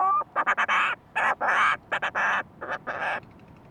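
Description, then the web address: Fulmar prion calls: a short whistled note, then harsh stuttering croaks in clipped groups of two to four. "sound fulmar-prion. صدای-پرنده-پریان-بدبو"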